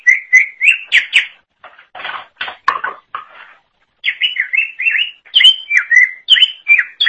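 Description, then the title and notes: Greater Green Leafbird song of repeated whistled notes, rapid at first, then harsher buzzy notes, followed by a run of bright slurred whistles. "Suara Kicauan Burung Cucak Ijo"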